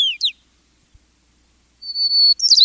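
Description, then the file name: White-crowned sparrow song: the tail of buzzy falling notes, a pause, then a fresh long high whistle leading into jumbled buzzy notes. "wht crown"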